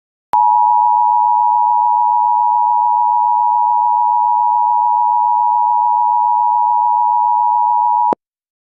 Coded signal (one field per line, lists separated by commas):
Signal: Emergency Alert System (SAME) tones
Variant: 853 and 960 Hz attention tone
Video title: VALID TONES - EAS Mini scenario Zika in the States